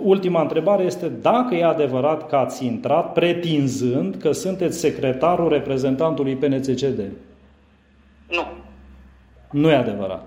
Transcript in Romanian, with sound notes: Ultima întrebare este dacă e adevărat că ați intrat pretinzând că sunteți secretarul reprezentantului PNȚCD.
(Pauză) Nu.
Nu e adevărat?